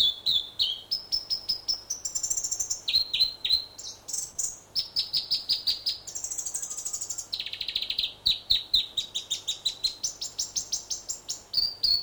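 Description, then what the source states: North Island robin song: long run of loud, high whistled phrases, each a fast series of repeated notes, jumping between pitch levels and sometimes rising, with brief pauses between phrases. New Zealand.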